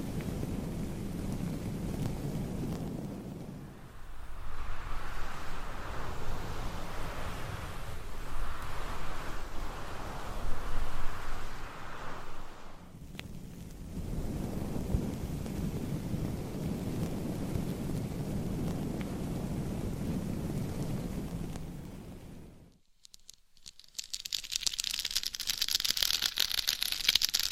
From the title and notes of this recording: ASMR with 60 MICS!Different Mic Covers & Nails Mic Scratching , Massage & More No Talking.